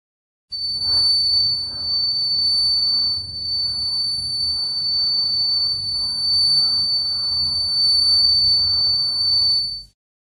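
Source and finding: Synthesized tone (simulation). Tinnitus simulation.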